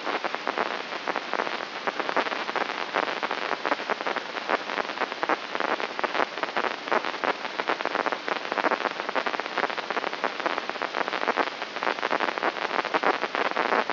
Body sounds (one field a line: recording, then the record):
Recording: brain microelectrode recording played as sound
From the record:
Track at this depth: outside the subthalamic nucleus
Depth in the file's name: 6.629 mm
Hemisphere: left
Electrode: 3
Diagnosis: Parkinson's disease